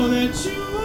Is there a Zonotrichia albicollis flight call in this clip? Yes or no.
no